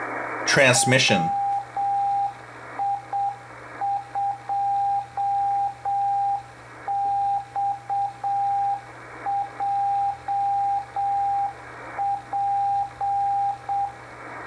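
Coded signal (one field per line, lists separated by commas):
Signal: Morse code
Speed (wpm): 7 wpm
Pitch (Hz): 800 Hz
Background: speech, radio noise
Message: WI2XJP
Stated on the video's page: Experimental shortwave station from Wayland, Massachusetts, received in CW on 5058 kHz.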